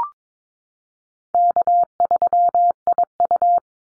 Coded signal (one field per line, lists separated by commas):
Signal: Morse code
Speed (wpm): 22 wpm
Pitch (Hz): 700 Hz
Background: none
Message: K3IU